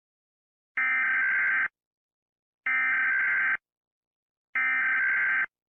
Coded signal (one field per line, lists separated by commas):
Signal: Emergency Alert System (SAME) tones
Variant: header bursts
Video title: EF5? - An EAS Scenario